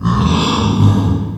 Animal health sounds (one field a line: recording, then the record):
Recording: squeal of a Yucatan mini pig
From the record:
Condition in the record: after surgery on the right vocal fold (resection and tissue-engineered implant)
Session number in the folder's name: 16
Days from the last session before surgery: 183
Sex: female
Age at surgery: 19 weeks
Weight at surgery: 25 kg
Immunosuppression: prednisolone